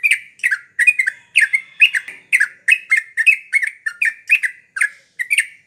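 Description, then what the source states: Yellow-vented Bulbul song, a fast run of harsh, clipped notes that dip in pitch, repeated almost without pause for the whole stretch. Masteran (training recording for cage birds) of a champion trucukan singing the rapid song style called tembakan.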